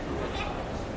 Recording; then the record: background sound without coughing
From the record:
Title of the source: Train Station Sounds Paris